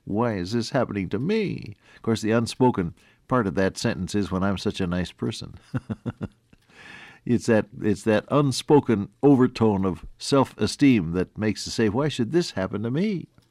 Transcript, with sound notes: “Why is this happening to me?” ‘Course the unspoken part of that sentence is, “when I’m such a nice person.” (Laughs) It’s that, it’s that unspoken overtone of self-esteem that makes us say, “Why should this happen to me?”